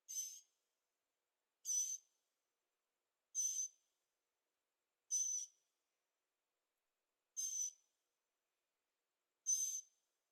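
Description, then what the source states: Bird calls, short high buzzy bursts with a thin whistled tone at their centre, six of them spaced about every two seconds against silence. Birds singing at night in Carefree, Arizona; recorded with a Zoom H6 and stereo microphones.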